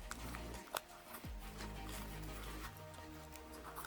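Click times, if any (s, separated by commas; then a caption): none. The lip of a Brainwavz oval angled memory-foam replacement earpad is stretched around the rim of a headphone ear cup and worked into place, giving brief sharp ticks at about 0.1, 0.4 and 0.8 s over a steady tonal background. Nothing has seated or snapped home yet.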